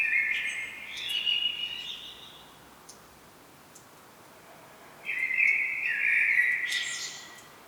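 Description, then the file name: Common blackbird singing two fluty phrases with higher chattering tails, separated by a long quiet gap. "Turdus merula"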